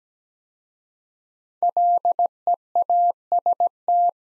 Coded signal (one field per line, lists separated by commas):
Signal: Morse code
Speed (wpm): 17 wpm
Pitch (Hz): 700 Hz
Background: none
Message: LEAST